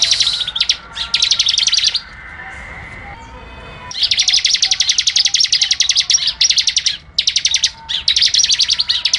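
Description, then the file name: Bar-winged prinia pouring out rapid, machine-gun trills of high clicking notes, pausing briefly with faint whistles in the background, then resuming with more long trills. Song in the ngebren style, a rapid song. "audio burung ciblek ngebren"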